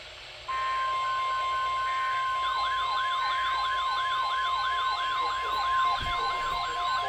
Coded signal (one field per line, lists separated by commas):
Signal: Emergency Alert System (SAME) tones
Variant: 1050 Hz attention tone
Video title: Another day, Another Dollar. | EAS Alerts from 5/3/25 | EAS#1,969-1,995